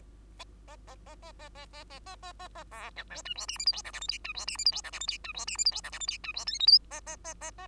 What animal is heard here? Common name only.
Bengalese Finch